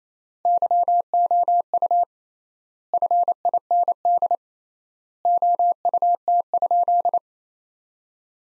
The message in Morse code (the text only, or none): YOU FIND OUT?